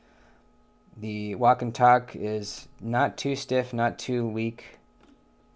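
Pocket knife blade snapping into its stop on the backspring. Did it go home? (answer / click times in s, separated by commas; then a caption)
no / none. Someone talks while a traditional slipjoint pen knife blade is handled and worked against its backspring toward its stop. No blade snap stands out over the voice, and nothing has seated or clicked into position yet when the clip ends.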